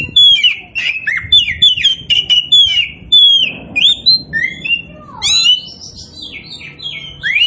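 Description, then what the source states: Oriental magpie-robin pouring out rapid, varied whistled phrases, downward slurs and chattering notes following one another almost without pause. Kacer poci variety of Oriental magpie-robin, singing vigorously (gacor).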